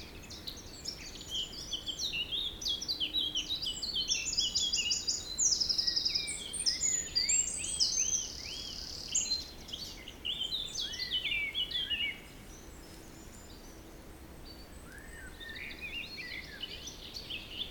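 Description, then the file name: Bird chorus of several singers with fast trills, buzzy rattles and high chirping phrases. It is loudest in the middle and thins out near the end, against a wind hiss. Forest in spring, windy at Beaufort force 3, recorded at 1 pm. "Forest Spring Birds Windy 3 bft 1 pm"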